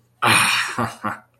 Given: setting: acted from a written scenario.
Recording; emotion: vocal sound without words; pride